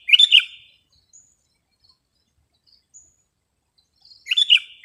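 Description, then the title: Sooty-headed bulbul singing one short bubbly phrase at the start and another near the end, with a quiet gap and faint high notes between. "kutilang"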